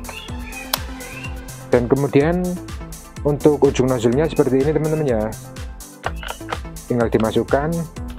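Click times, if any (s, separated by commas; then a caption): none. The adjustable nozzle tip of a Kyodo Prowash 118 jet cleaner is inserted into the end of the pressure washer lance and twisted to lock, with short sharp handling sounds at about 0.7, 6.1, 6.3 and 6.5 seconds. Someone talks over background music throughout. The tip has not seated or clicked into place yet.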